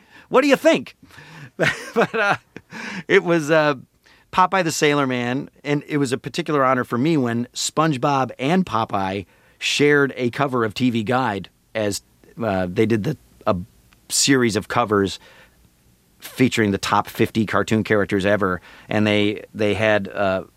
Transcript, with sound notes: What do you think? But (laughter) it was Popeye the Sailor Man. And it was a particular honor for me when SpongeBob and Popeye shared a cover of TV Guide as they did the - a series of covers featuring the top 50 cartoon characters ever. And they had